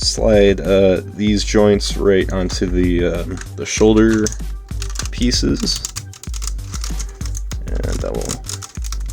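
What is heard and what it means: Someone talks over background music while handling a Transformers Legacy Commander Class Motormaster (Menasor) combining robot toy, sliding its plastic arm joints onto the shoulder pieces (toy arm joint onto shoulder peg). Short handling taps and rattles follow in the second half of the clip, but nothing has seated or clicked into place yet.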